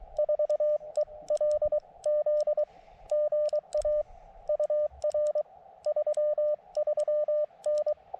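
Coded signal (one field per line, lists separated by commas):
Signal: Morse code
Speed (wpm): 23 wpm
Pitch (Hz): 600 Hz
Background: radio noise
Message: 4ELZ GA UR 33N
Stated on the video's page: CW on a combined park and summit activation from an Elecraft KX2 with a BaMaTech TP-III key and AX1 vertical antenna on a tripod with two radials; contacts included England, Northern Ireland, Italy.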